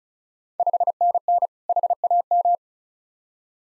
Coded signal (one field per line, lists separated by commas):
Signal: Morse code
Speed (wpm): 36 wpm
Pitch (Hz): 700 Hz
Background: none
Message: 5NN HAM